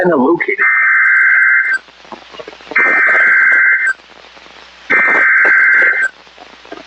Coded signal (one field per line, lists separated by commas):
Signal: Emergency Alert System (SAME) tones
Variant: header bursts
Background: speech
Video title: EAS Alerts From July 17 2026 EAS 927-937